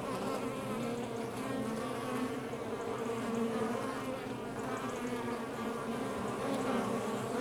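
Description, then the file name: Honey bees humming without pause, a dense buzzy drone. Outside the hive. "Ruche Exterieur"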